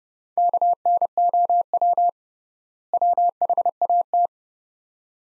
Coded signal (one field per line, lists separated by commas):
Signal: Morse code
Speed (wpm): 30 wpm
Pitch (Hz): 700 Hz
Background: none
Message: KNOW WHAT